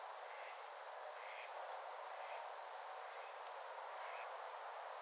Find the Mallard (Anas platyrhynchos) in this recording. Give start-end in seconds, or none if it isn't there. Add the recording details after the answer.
0.30-0.53, 1.01-1.86, 2.17-2.43, 3.13-3.33, 4.02-4.25. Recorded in France